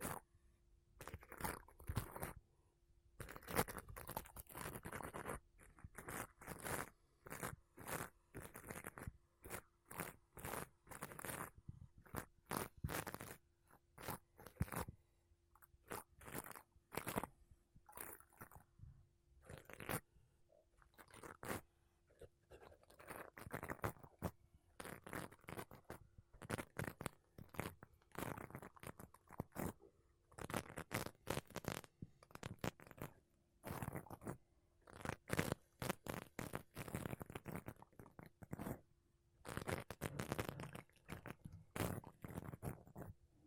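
Makeup brushes and a sponge rub across a mic in dense, irregular scratchy strokes, bursts packed tightly throughout, with a faint steady hum underneath.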